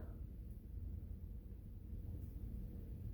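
A plastic StatLock securement device is picked up and positioned around an IV catheter hub before being pressed closed. Only low, rumbling handling noise is heard over steady background noise. Nothing has clicked or seated yet.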